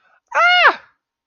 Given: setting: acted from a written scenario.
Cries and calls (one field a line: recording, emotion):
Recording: vocal sound without words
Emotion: positive surprise